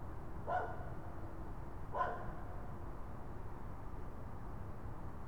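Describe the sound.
Raccoon calls: two short, bright yelping notes about one and a half seconds apart, over a steady low rumble.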